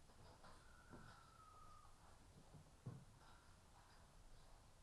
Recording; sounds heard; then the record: poultry house recording; healthy chickens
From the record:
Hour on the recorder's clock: 13